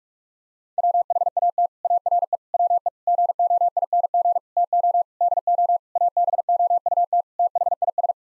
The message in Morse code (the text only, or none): WHAT ARE WE GOING TO DO ABOUT THIS